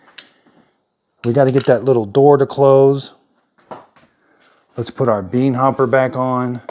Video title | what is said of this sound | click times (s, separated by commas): BREVILLE Grind Brew 12 Cup Coffee Maker CLEAN GRINDER & COFFEE CHUTE MESSAGE | until you hear a click at the lock position now this is installed correctly | 0.2 s